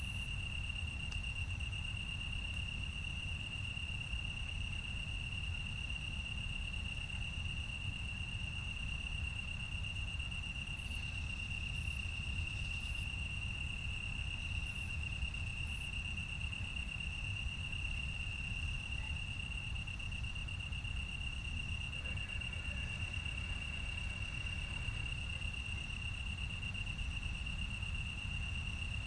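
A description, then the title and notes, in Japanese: Insects sing in the grass on an autumn night after a shower, one steady high, unbroken trill running through the whole clip. A low, constant rumble sits underneath, and a few brief, very sharp ticks come between about 11 and 16 seconds. 雨上がりの秋の夜。夕立が上がって自宅の裏の草むらでは虫たちが賑やかに鳴いています。鳴り止むことはない大合唱の中、止まったり新しく入ってきたり、秩序のあるような、ないような。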